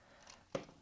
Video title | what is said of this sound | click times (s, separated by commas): 2013 - 2019 Ford Escape Key Fob Battery Replacement | on to the main part of the fob and it'll just kind of click in place and that latch will reset make | 0.3 s, 0.6 s